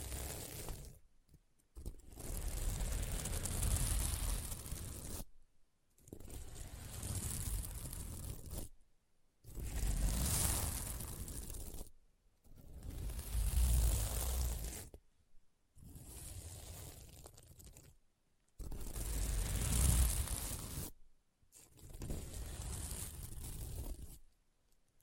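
Scratching on a sequin mermaid pillow comes in repeated bursts of a few seconds each, separated by brief silences, with a crisp crunching, scraping texture.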